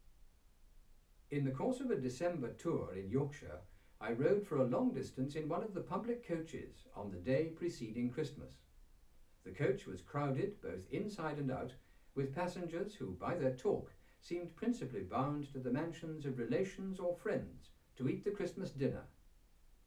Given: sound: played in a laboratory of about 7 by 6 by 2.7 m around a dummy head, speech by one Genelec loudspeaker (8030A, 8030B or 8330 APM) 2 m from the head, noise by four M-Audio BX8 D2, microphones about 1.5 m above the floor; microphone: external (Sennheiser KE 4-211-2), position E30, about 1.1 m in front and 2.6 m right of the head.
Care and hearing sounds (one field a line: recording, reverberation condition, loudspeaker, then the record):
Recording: male speech in English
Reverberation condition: low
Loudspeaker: 90 degrees to the left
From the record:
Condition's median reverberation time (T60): about 310 ms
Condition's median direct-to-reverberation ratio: about 3.5 dB